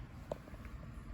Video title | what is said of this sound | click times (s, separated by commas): Cupra born Guide on public charging. Not a how to BUT general overview. | Just heard it click. | 0.3 s